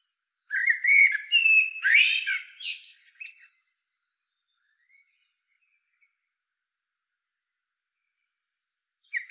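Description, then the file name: Eurasian blackbird giving a rich warbled phrase of fluty whistles that ends in a high, squeaky twitter, then a long silence before the next phrase begins. "Turdus merula"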